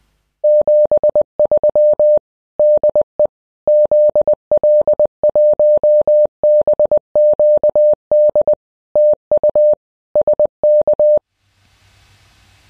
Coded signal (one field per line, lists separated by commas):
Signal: Morse code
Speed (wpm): 20 wpm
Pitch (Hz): 600 Hz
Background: none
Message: 73 DE ZL1BQD TU SK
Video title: The LOGISTICS for a Ham Radio DXPEDITION in the Pacific Islands.- Part 3